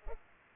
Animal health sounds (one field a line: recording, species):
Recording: mosquito wingbeat signal from an infrared sensor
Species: Culex pipiens